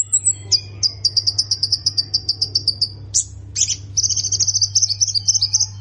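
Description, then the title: Plain prinia song opening with a thin high note, then an even string of quick buzzy ticks, two abrupt chirps and a scratchy trill; steady low hum throughout. "Ciblek Sawah"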